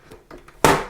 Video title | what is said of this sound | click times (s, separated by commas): PS5 : How to Put Back the Side Panels - Easy Step by Step Guide | here we go it has clicked it does not take much power and much force to do it | 0.6 s